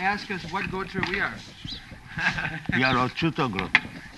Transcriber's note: laughs